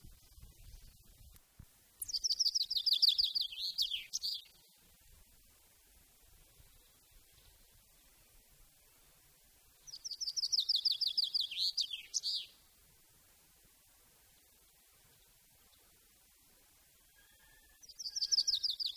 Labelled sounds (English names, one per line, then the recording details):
Common Chaffinch song
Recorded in the wild
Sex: male
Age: adult
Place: Garmisch-Partenkirchen, Bayern, DE
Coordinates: 47.4964, 11.0903
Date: 1966-04-12
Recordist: Tretzel, Erwin
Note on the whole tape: Garmisch Partenkirchen, Kurgarten. Männchen: Gesang